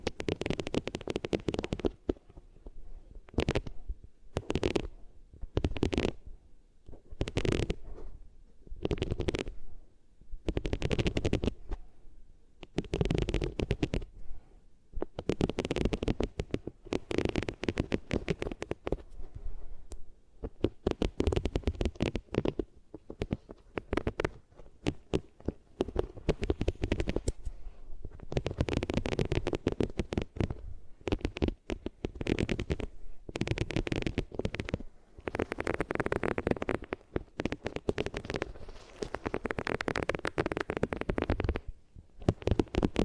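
Ears being rubbed against different materials, heard as a run of scratchy, muffled strokes with a low, rumbling body. The strokes come in separate bursts with short gaps for the first twenty seconds, then grow denser and almost continuous, with rough crackly texture throughout.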